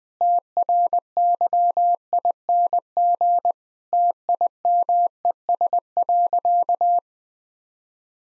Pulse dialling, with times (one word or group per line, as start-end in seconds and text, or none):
none